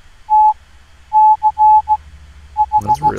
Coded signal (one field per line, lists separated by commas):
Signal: Morse code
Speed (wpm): 16 wpm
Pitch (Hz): 850 Hz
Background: none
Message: T C H